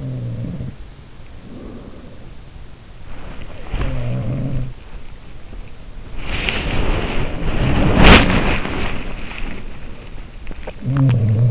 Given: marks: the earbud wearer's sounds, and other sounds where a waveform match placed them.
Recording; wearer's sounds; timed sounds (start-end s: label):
sounds in sleep by an in-ear microphone; breath, body movement, swallowing
0.00-0.89 s: sound from someone else or the room
1.03-2.50 s: breath
3.03-10.56 s: body movement
3.48-5.41 s: sound from someone else or the room
10.35-11.50 s: swallowing